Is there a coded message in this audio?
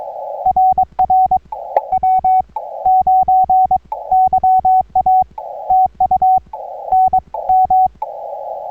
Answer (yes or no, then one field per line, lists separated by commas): yes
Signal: Morse code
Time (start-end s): 0.5-7.9 s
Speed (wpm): 22 wpm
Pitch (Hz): 750 Hz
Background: none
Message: RR W9YA TU NM